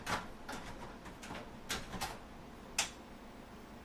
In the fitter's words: It not only does it fit, it fucking snapped into place, man.